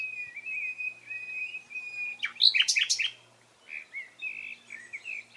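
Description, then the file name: Common nightingale song: a long drawn whistled note, then a loud burst of rapid sharp notes, followed by softer warbled phrases. "Luscinia megarhynchos"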